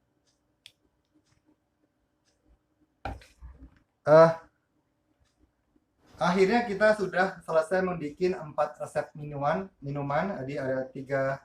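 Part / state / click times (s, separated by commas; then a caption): plastic cap onto a beverage bottle / seated / 3.1 s. A plastic twist cap is turned onto a milk drink bottle until it clicks closed at 3.0 s, preceded by a faint tick at 0.7 s and followed by quieter handling sounds. After a short vocal sound around 4.2 s, someone talks from about 6 s to the end.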